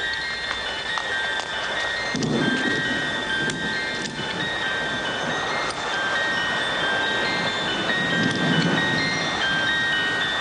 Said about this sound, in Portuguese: A tempestade.